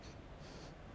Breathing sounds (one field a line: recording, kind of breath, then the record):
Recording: one breath in and out by a microphone near the nose and mouth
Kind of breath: strong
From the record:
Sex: male